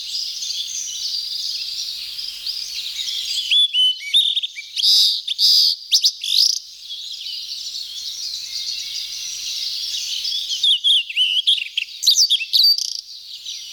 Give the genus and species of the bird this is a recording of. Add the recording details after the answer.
Cyanoptila cyanomelana. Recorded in the wild. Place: Ussuriskij-Reservat, RU. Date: 1994-06-07. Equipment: Dat-Recorder Casio DA 7, Telinga DAT, Telinga-Parabolspiegel. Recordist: Schwarz, Dieter